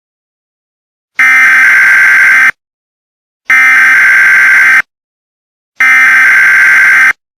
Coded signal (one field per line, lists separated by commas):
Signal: Emergency Alert System (SAME) tones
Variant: header bursts